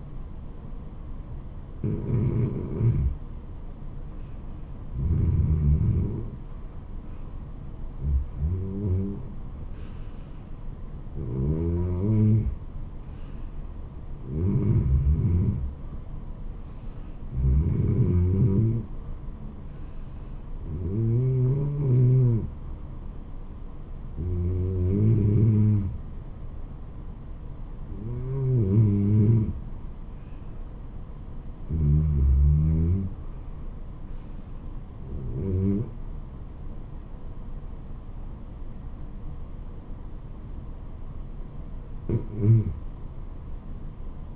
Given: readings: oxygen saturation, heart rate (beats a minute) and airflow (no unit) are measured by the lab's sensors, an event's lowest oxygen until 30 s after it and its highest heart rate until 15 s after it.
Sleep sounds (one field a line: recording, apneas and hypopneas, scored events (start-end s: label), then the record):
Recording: breathing in sleep by a smartphone at the bedside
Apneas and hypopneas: none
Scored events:
none scored
From the record:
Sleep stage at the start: REM sleep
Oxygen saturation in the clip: 85 to 95%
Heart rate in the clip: 74 to 79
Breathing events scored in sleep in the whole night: 426 in 7.4 hours asleep